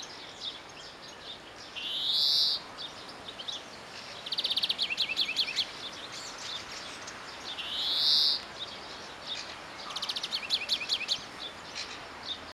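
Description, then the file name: European greenfinch giving two drawn-out wheezy rising buzzes between bursts of rapid high trills, over constant background hiss. "Chloris chloris"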